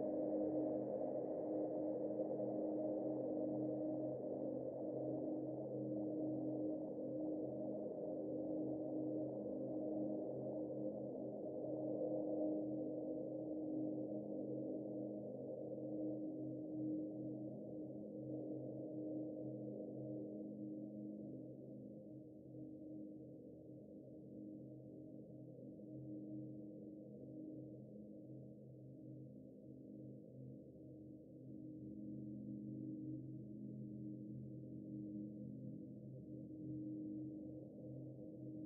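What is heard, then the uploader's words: A resonator-driven sound texture hums as a dense, steady stack of low ringing tones, metallic and gong-like. Brighter upper tones fade away over the first fifteen seconds, leaving a darker drone that dips slightly in level around twenty-five seconds before swelling again. Texturas sonoras a partir de una matriz de efectos y un resonador. Sound textures from an effects matrix and a resonator.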